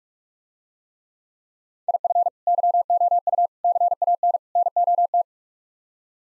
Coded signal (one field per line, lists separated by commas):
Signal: Morse code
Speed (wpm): 49 wpm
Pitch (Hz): 700 Hz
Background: none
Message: IF YOU CAN NOT